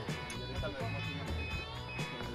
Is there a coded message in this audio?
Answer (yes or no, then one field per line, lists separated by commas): no